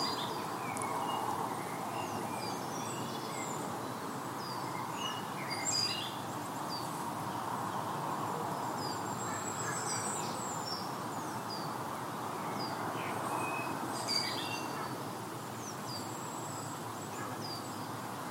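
Forest soundscape with a steady low rushing hum beneath scattered bright bird chirps and calls, a louder chirp near six and fourteen seconds.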